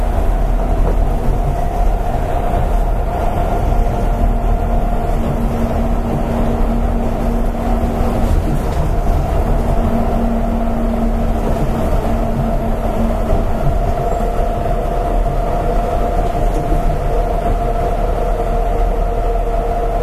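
An Astram Line 6000 series train runs steadily, with a dense, constant rumble and rolling noise filling the whole stretch at an even level. Faint whining tones hover over the roar, rising and shifting slightly around the middle and later on.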